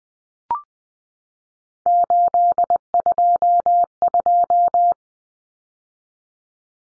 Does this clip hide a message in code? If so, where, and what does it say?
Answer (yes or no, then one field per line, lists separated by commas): yes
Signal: Morse code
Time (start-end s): 1.9-4.9 s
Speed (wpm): 20 wpm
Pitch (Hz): 700 Hz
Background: none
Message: 822